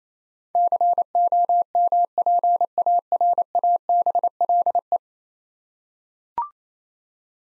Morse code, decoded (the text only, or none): COMPARABLE